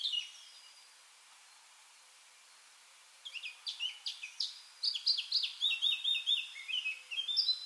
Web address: SETE data Sylvia atricapilla